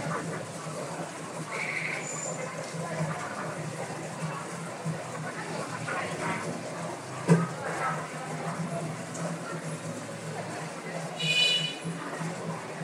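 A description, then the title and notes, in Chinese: Chanting of the Medicine Buddha's name at a temple: a steady, low murmur of many voices fills the space without pause. A sharp knock lands near the middle, and a bright ringing tone, like a small bell, sounds briefly toward the end. 厦门石室禅院，药师如来。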